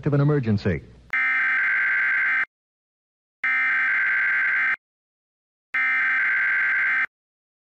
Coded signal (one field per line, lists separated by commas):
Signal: Emergency Alert System (SAME) tones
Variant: header bursts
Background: speech